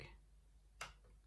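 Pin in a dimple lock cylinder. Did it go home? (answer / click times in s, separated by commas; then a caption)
yes / 0.8 s. A binding pin in an Iseo R6 dimple cylinder lock is picked with a Lishi two-in-one pick under added tension. After a faint tick at the start and quiet background, a sharp, bright click sounds at 0.8 s. The pin sets at the shear line.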